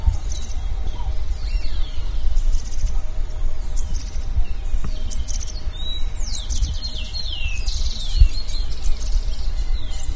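Birdsong: a scatter of high, thin chirps and quick downward sweeps, growing busier toward the end, over strong low rumble.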